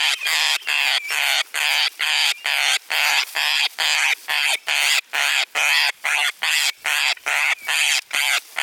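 Parrot repeating steady harsh squawks at an even pace, a little over two per second, each note rasping and broad.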